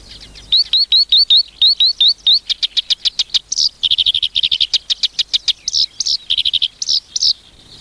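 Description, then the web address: Black-browed reed warbler singing: a series of upslurred whistled notes, then a rapid, harsh chatter with buzzy phrases. "sikioto. koyoshikiri"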